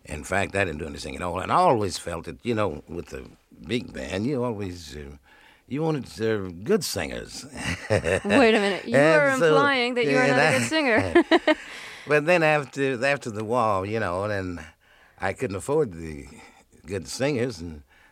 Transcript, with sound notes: In fact, I didn't do any singing at all. And I always felt that, you know, with a big band, you always - you wanted good singers (laughter).
Wait a minute. You are implying that you are not a good singer (laughter).
But then after the war, you know - and then I couldn't afford the good singers.